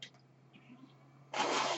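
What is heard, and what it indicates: A faint steady machine hum runs under near-silence, then a sudden loud, airy whoosh sets in for the last half second. This is the rushing-air sound of a person's own home mechanical ventilator delivering a breath.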